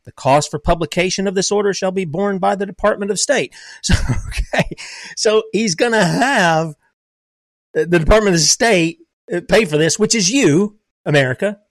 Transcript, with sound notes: The cost for publication of this order shall be borne by the Department of State." So (laughs) , okay. So he's gonna have th- the Department of State, uh, pay for this, which is you, America.